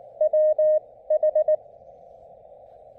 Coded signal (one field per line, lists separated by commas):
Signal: Morse code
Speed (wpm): 19 wpm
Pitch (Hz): 610 Hz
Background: none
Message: WH